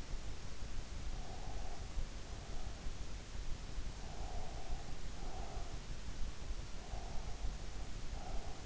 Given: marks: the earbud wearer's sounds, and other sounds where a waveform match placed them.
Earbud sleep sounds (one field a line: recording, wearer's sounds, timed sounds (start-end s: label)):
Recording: sounds in sleep by an in-ear microphone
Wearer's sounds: breath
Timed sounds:
1.36-2.95 s: breath
4.15-5.65 s: breath
6.88-8.66 s: breath